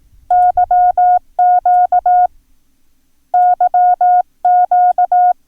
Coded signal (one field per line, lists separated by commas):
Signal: Morse code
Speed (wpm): 18 wpm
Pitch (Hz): 720 Hz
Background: none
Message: YQ YQ